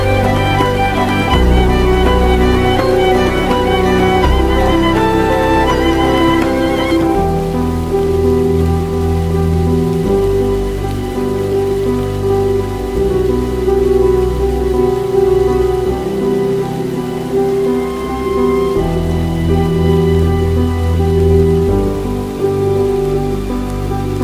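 A dark academia atmosphere with rain: a steady hiss of rain runs under sustained, low, droning musical tones. The chords shift slowly, with a clear change near seven seconds and another around sixteen, while the level stays constant throughout.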